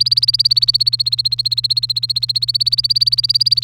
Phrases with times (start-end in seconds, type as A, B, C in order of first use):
0.00-3.63 A